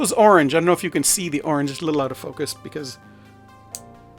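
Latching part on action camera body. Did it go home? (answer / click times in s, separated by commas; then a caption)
yes / 3.8 s. Someone talks while handling an Insta360 X3 360 camera, whose latching part has an orange lock indicator. After the talking stops, a single sharp click at 3.8 s marks the part locking into place on the camera body.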